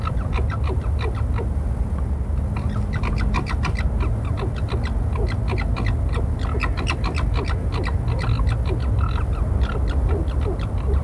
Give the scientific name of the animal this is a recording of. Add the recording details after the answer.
Vulpes corsac. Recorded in captivity. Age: adult. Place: Tierpark Berlin, Berlin, DE. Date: 1961-09-18 19:15. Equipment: Minifon, Kopie Smaragd. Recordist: Tembrock, Günter